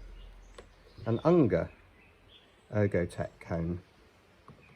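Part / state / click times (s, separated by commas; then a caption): tool cone onto window-cleaning pole adapter / seated / 4.5 s. Someone talks while an Unger ErgoTec tool cone is pressed onto a Gardiner Trad Tool window-cleaning pole adapter. A short, sharp click at 4.5 s marks the cone latching and locking into place on the adapter.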